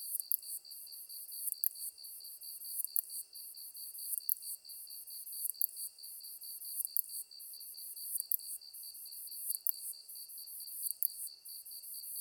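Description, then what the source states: Katydid: sustained buzzy high song marked by regular sharp clicks, with a steady pulsing chorus of other insects throughout. Recorded 23 August 2010 at 21:33.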